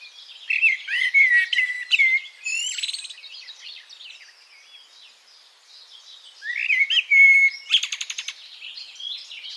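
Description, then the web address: Bird song: tumbling whistled phrases and brief buzzes, a pause of a few seconds, then a second phrase with a clear whistle and a rattling trill. "cianscape birddata Deverinetal 2025 Bird Only"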